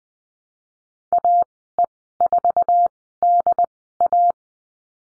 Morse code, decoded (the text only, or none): AE4DA